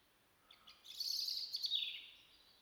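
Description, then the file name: European robin song: a quick rising series of thin notes, then a sweet high warble that slides down at the end. "Erithacus rubecula"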